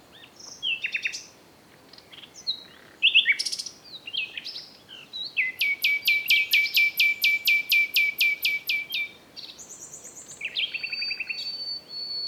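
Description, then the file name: Common nightingale song: varied whistles and chirps open, then a long, evenly repeated series of sharp notes, about three to four per second, followed by further varied phrases. "Luscinia megarhynchos"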